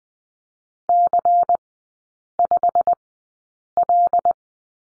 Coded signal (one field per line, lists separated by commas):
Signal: Morse code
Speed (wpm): 20 wpm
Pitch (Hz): 700 Hz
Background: none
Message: C5L